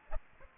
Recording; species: mosquito wingbeat signal from an infrared sensor; Aedes aegypti